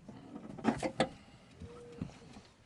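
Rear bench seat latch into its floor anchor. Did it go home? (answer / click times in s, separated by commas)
yes / 1.0 s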